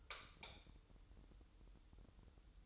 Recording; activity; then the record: daily activity, microphone in the room; light off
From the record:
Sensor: 3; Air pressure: 988.3 hPa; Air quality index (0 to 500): 191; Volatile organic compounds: 262 ppm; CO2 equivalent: 4392 ppm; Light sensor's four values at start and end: 11/28/11/11 and 8/19/8/8